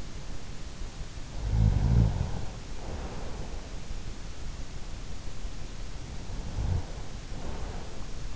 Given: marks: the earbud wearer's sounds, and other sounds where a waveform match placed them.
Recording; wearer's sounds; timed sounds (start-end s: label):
sounds in sleep by an in-ear microphone; snoring breath
1.31-3.77 s: snoring breath
6.36-8.36 s: snoring breath